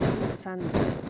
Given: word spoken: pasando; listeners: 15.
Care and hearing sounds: one Spanish word in noise, from a listening test; noise modulated by one talker; -8.8 dB; 0 of 15; 6 of 15; 0.70 s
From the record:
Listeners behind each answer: 6, 3, 2, 2, 1, 1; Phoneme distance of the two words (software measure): 51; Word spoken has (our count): 3 syllables, 7 phonemes, stress on syllable 2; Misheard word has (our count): 2 syllables, 6 phonemes, stress on syllable 1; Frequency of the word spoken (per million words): 49.11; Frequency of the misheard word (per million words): 136.32

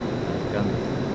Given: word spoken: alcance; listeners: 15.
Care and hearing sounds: one Spanish word in noise, from a listening test; speech-shaped noise; -5.5 dB; 0 of 15; 6 of 15; 0.75 s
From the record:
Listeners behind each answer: 6, 5, 1, 1, 1, 1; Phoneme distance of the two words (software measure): 44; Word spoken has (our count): 3 syllables, 7 phonemes, stress on syllable 2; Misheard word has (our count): 2 syllables, 5 phonemes, stress on syllable 1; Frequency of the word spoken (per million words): 49.01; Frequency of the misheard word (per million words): 201.72

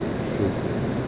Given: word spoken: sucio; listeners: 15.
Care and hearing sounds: one Spanish word in noise, from a listening test; speech-shaped noise; -4.3 dB; 2 of 15; 7 of 15; 0.68 s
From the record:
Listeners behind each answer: 7, 2, 1, 1, 1, 1, 1, 1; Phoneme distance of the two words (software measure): 34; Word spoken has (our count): 2 syllables, 5 phonemes, stress on syllable 1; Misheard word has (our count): 2 syllables, 5 phonemes, stress on syllable 1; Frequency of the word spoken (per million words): 11.27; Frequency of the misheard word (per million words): 27.18

